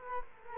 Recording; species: mosquito wingbeat signal from an infrared sensor; Culex quinquefasciatus